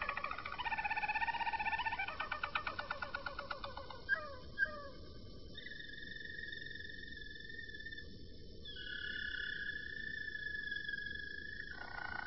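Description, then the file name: Roller canary song: rolling trills and a rapid rattle, then long quiet held tones shifting slowly in pitch. "kenari-roller -omkicau"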